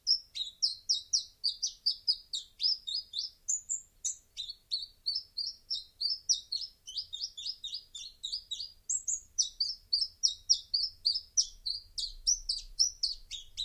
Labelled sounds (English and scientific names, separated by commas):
Common Chiffchaff (Phylloscopus collybita) song